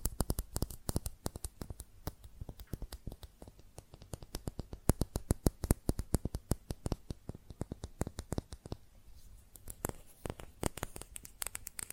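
Fast tapping on glass and ceramic objects, with sharp, bright clicks falling in quick, uneven bursts for the full twelve seconds. The taps come densely, sometimes in rapid clusters and sometimes briefly spaced, over a faint steady hiss.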